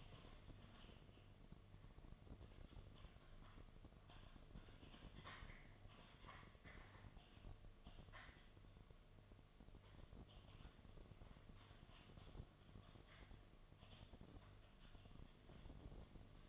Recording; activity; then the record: daily activity, microphone in the room; typing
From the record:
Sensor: 4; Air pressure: 1005.2 hPa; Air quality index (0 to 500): 182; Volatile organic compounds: 5 ppm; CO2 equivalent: 1791 ppm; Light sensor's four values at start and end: 6/12/5/4 and 6/12/5/4